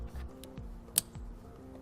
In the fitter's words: they click together push the red tab back in